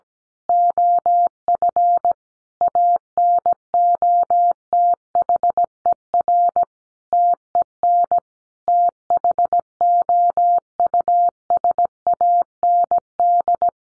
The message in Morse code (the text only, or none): OF ANOTHER TEN THOUSAND